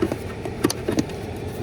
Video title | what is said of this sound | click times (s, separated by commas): How to Replace the Cabin Air Filter in a 2021 Toyota Tacoma | hear it click and pop. | 0.7 s